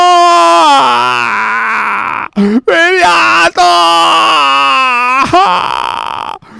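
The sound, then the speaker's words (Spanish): A loud, anguished wail from a single voice crying out a name, its pitch wavering and sliding in long drawn-out sobs, broken by a few brief gasping pauses, performed like a mournful lament for a dead leader in an army camp at daybreak. “al instante, se alzó por todo el campamento un gran lamento y griterío, llorando toda su muerte.”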